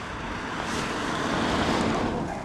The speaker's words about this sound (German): Und jetzt kommt ein Auto. Die Holde hat hier ihre LED-Lampe am Handy an, damit er merkt, dass ihm einer entgegenkommt. Er fährt langsam.